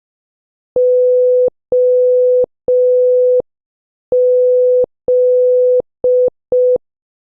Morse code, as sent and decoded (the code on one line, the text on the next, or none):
--- --..
OZ